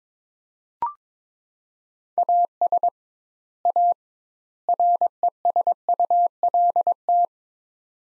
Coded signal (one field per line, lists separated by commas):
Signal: Morse code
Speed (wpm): 22 wpm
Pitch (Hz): 700 Hz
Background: none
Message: AS A RESULT